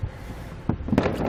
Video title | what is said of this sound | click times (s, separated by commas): etrailer - Curt T-Connector Vehicle Wiring Harness Installation - 2019 Subaru Ascent | pull up you'll hear a pop | 1.0 s